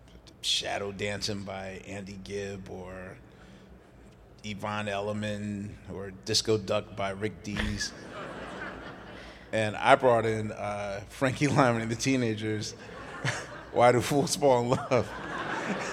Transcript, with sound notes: "Shadow Dancing" by Andy Gibb or Yvonne Elliman or "Disco Duck" by Rick Dees.
(LAUGHTER)
And I brought in Frankie Lymon and The Teenagers' "Why Do Fools Fall In Love."